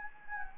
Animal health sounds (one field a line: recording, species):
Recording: mosquito wingbeat signal from an infrared sensor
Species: Anopheles gambiae